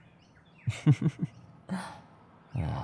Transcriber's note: chuckles